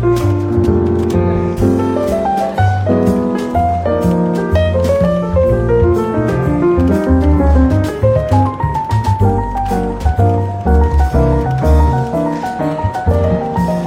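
Soft, relaxed jazz plays throughout, with a low bass line moving under chords and a melody that wanders up and down in short runs. Light, regular beats tick along steadily, and the music stays at an even level for the whole stretch.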